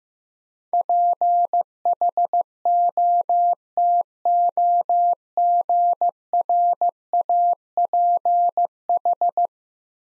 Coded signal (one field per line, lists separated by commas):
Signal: Morse code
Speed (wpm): 15 wpm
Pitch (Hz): 700 Hz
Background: none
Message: PHOTOGRAPH